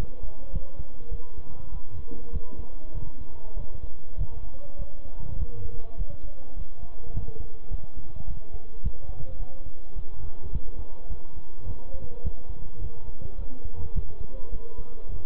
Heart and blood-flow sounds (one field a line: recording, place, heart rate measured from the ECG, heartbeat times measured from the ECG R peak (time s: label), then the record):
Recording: heart sounds by stethoscope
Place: between the tricuspid and mitral areas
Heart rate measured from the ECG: 103 bpm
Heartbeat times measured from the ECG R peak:
0.53 s: heartbeat
1.11 s: heartbeat
1.72 s: heartbeat
2.33 s: heartbeat
2.95 s: heartbeat
3.57 s: heartbeat
4.17 s: heartbeat
4.79 s: heartbeat
5.39 s: heartbeat
5.98 s: heartbeat
6.57 s: heartbeat
7.14 s: heartbeat
7.71 s: heartbeat
8.28 s: heartbeat
8.84 s: heartbeat
9.40 s: heartbeat
9.96 s: heartbeat
10.53 s: heartbeat
11.10 s: heartbeat
11.67 s: heartbeat
12.24 s: heartbeat
12.81 s: heartbeat
13.39 s: heartbeat
13.95 s: heartbeat
14.52 s: heartbeat
15.09 s: heartbeat
From the record:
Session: bicycle stress test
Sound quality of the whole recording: good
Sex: male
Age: 23 years